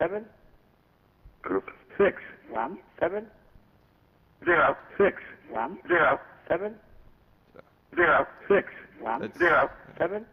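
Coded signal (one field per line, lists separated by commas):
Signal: numbers station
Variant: English, assembled voice clips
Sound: male voice reading single digits and 'group' in evenly spaced, spliced-sounding words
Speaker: we'll just let it go to the numbers group six one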